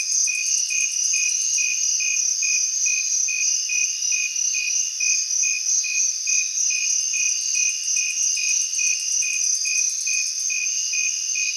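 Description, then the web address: Repeated high cricket chirps at a quick, even pace, layered over a constant shrill chorus of other insects. Recorded in a city on 8 September 2023; several crickets. "smallsounds 20230908 crickets City Crickets"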